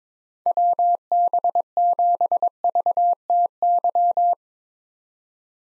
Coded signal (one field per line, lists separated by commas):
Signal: Morse code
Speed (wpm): 22 wpm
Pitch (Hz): 700 Hz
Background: none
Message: WB7VTY